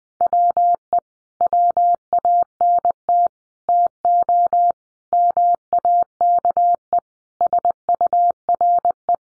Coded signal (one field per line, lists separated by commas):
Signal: Morse code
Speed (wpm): 20 wpm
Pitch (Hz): 700 Hz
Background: none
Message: WE WANT TO MAKE SURE